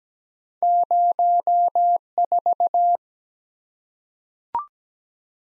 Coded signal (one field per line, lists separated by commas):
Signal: Morse code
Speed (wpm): 17 wpm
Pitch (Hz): 700 Hz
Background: none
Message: 04